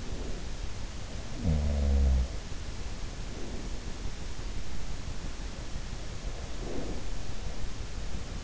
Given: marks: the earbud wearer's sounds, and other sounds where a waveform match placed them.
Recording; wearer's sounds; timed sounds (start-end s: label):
sounds in sleep by an in-ear microphone; breath
0.00-0.71 s: breath
1.20-2.91 s: sound from someone else or the room
5.65-8.23 s: breath